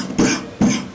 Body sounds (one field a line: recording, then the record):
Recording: coughing mixed with background sound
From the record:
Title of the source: Spring Cold Coughing 3